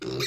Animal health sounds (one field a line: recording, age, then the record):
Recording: pig call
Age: weaner (32 to 43 days)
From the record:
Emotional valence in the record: negative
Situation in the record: long isolation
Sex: female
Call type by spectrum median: low-frequency call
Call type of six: high-frequency modulated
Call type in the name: high-frequency modulated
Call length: 0.27 s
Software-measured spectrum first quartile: 356 Hz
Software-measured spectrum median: 1571 Hz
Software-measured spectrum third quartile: 4069 Hz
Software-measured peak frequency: 375 Hz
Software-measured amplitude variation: 91 dB a second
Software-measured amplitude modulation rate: 26.3 a second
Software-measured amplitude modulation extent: 3.5 dB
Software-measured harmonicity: 4.3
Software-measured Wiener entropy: -2.90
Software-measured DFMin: 661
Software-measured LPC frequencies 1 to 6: 383, 1350, 2138, 2493, 3808, 4217 Hz